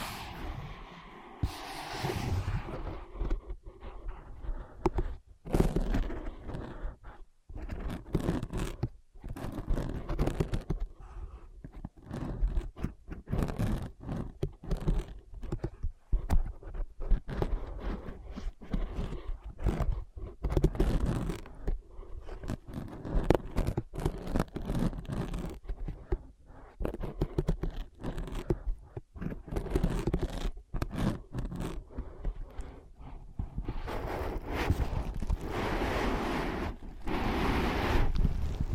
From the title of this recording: Using Ear Pads as Your Ears Tapping, Scratching, Tracing